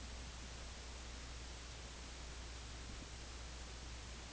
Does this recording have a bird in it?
no